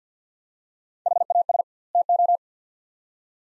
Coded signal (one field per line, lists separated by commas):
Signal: Morse code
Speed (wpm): 50 wpm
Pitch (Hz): 700 Hz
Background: none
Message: HAS TO